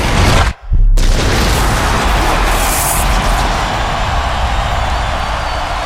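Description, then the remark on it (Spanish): A loud, dense barrage of fireworks explosions booms and crackles continuously at a live concert recorded in Texas, broken by one brief drop near the start before the rumbling bursts resume without letting up. “Con esa explosión de fuegos artificiales, así explosionará todo el día del descenso.”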